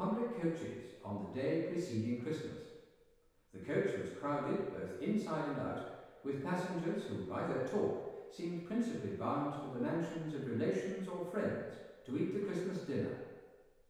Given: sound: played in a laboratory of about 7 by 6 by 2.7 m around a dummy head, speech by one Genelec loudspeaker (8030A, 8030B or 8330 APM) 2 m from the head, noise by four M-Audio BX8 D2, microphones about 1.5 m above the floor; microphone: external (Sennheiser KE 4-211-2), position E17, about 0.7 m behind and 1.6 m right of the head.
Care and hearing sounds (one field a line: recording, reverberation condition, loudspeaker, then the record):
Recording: male speech in English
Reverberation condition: high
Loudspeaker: behind (180 degrees)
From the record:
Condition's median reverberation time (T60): about 1300 ms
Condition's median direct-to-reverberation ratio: about -4.0 dB